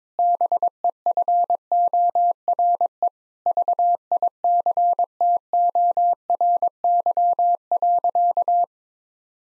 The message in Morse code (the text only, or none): BEFORE VICTORY.